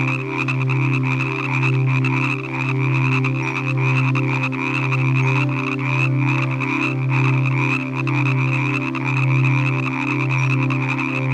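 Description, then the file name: Frog croaking: a deep droning throb that swells roughly once a second, with a steady higher trill above throughout. "Nature Collection - Croak Frog Calls (Zvyki com)"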